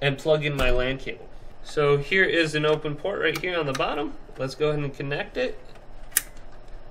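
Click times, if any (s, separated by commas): 6.2 s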